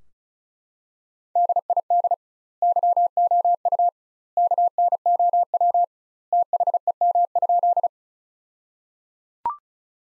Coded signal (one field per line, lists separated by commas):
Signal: Morse code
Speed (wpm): 34 wpm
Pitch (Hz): 700 Hz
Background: none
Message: DID YOU KNOW THEM?